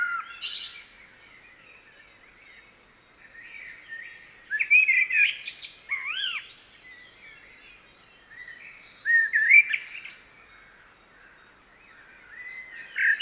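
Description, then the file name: Common blackbird giving scattered short arched and squawky notes in separate bursts, with high thin twitters mixed in throughout. "Turdus merula"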